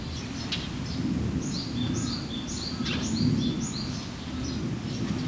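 Bird repeating thin, high chirps in a loose run, fairly faint against constant low rumbling noise.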